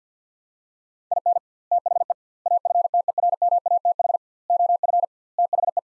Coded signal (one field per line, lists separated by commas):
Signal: Morse code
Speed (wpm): 50 wpm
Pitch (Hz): 700 Hz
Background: none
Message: IN THE AFTERMATH OF THE